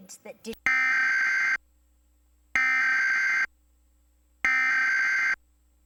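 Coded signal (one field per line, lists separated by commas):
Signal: Emergency Alert System (SAME) tones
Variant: header bursts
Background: speech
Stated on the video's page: EAS test preceding the first national test.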